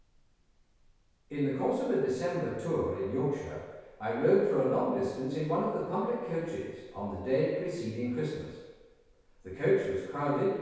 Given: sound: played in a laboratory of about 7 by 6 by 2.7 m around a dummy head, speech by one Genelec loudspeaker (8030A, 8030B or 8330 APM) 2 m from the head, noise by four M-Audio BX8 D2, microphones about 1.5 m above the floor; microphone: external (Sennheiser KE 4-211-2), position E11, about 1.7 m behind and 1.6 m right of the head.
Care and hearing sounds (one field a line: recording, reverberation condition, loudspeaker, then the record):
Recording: male speech in English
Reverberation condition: high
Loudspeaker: 150 degrees to the left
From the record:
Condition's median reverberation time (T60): about 1300 ms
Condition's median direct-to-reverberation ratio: about -4.0 dB